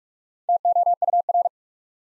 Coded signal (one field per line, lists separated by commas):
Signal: Morse code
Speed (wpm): 44 wpm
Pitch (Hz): 700 Hz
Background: none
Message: TOUR